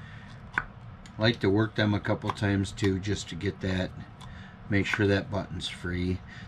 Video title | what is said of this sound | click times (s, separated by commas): Garcia, Mitchell 300 Service and repair | back on it snaps into place | 0.6 s